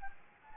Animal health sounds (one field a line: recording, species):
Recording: mosquito wingbeat signal from an infrared sensor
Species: Anopheles gambiae